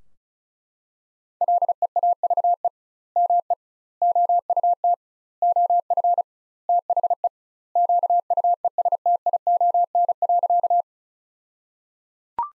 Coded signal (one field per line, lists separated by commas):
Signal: Morse code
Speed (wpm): 34 wpm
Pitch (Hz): 700 Hz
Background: none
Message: LEAVE ME OUT OF THE QUESTION.